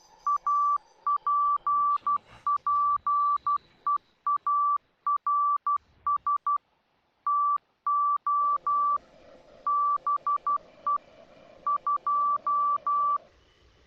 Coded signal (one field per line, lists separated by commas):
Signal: Morse code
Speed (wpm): 12 wpm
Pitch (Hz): 1160 Hz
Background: none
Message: APPEARS TO BE 2